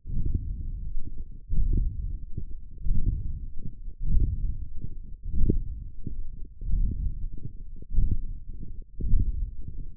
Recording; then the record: forearm muscle sounds (acoustic myography)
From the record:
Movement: hand closing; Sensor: system 1, eight BSWA MPA416 microphones around the upper forearm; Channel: 3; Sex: male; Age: 21 years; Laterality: right